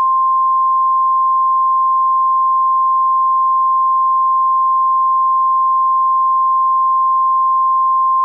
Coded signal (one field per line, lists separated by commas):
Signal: Emergency Alert System (SAME) tones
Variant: 1050 Hz attention tone